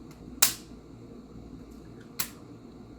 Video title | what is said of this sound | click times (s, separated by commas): GLP1 Veteran Reacts to Mounjaro Results After 6 Months | You'll hear 2 clicks. The first click is the needle coming down and going into your skin and | 0.4 s, 2.2 s